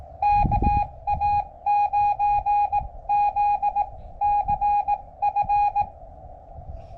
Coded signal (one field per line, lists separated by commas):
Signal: Morse code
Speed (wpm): 18 wpm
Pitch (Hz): 820 Hz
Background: none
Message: KA9ZCF